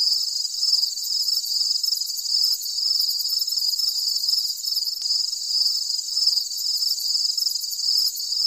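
Crickets chirping in a steady high trill, with rapid pulsed bursts above it.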